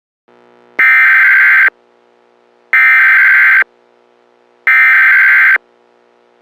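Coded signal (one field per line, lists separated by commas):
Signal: Emergency Alert System (SAME) tones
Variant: header bursts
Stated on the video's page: Fictional scenario alert, not a real broadcast.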